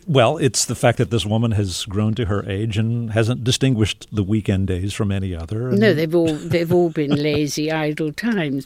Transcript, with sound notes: it's the fact that this woman has grown to her age and hasn't distinguished the weekend days from any other, and (laughter)...
No, they've all been lazy, idle times.